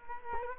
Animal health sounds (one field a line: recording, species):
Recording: mosquito wingbeat signal from an infrared sensor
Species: Culex quinquefasciatus